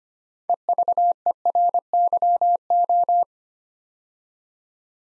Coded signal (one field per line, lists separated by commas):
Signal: Morse code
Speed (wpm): 25 wpm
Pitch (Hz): 700 Hz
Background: none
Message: EVERYO